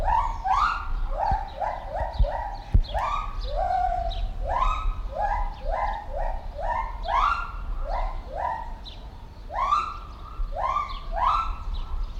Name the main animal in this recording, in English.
Lar Gibbon